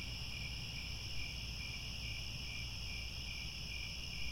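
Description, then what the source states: Crickets chirping in a dense continuous chorus, high steady trilling bands with faint pulsing, over a low background rumble. Crickets chirping in a chorus at twilight as the sun sets.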